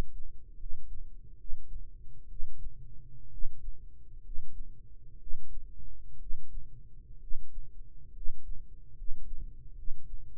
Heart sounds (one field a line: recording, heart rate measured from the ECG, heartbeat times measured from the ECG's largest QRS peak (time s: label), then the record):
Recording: heart sounds by microphone in the right ear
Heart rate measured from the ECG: 65 bpm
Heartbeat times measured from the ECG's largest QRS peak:
0.54 s: heartbeat
1.34 s: heartbeat
2.25 s: heartbeat
3.27 s: heartbeat
4.19 s: heartbeat
5.15 s: heartbeat
6.15 s: heartbeat
7.16 s: heartbeat
8.10 s: heartbeat
8.91 s: heartbeat
9.72 s: heartbeat
From the record:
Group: healthy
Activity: rest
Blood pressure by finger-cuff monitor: 96/64 mmHg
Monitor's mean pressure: 73 mmHg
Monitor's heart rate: 63 bpm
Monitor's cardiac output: 7 L/min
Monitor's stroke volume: 109 mL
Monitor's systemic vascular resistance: 720 dyn s/cm5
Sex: male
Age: 22 years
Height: 185 cm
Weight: 112.4 kg